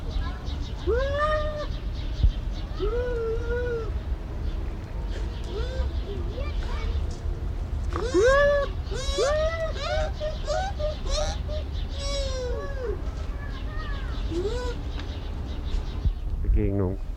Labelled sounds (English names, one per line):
Bush Dog